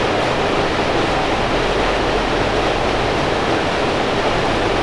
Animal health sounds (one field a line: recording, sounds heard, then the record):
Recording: poultry house recording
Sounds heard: no chicken sound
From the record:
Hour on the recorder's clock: 16